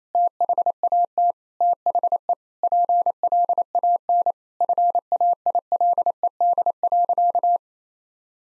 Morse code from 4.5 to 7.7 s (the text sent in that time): FAILED.